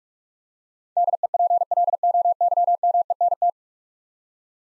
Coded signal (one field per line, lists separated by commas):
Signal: Morse code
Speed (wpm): 41 wpm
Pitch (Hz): 700 Hz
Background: none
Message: DEPLOYMENT